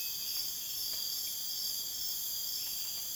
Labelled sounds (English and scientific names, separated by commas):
none